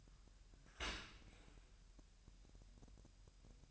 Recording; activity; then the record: daily activity, microphone in the room; open dishwasher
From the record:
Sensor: 2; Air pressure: 1000.3 hPa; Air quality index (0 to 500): 244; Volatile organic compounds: 88 ppm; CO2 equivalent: 3667 ppm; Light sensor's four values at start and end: 9/21/8/8 and 9/21/8/8